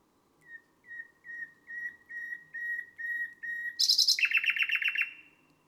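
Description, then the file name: Common nightingale song: a series of piping whistles that build in loudness, then a sharp buzzy burst and a rapid rattling trill. "Rossignol philomele"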